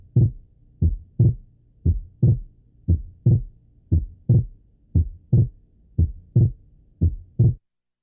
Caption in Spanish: En las comunicaciones intraauriculares, como consecuencia del cortocircuito existente a nivel de las aurículas, el ventrículo derecho siempre expulsa mayor cantidad de sangre que el ventrículo izquierdo. Debido a esto, la contracción ventricular derecha se prolonga más que la contracción ventricular izquierda, auscultándose un desdoblamiento anormal del segundo ruido durante la inspiración como consecuencia.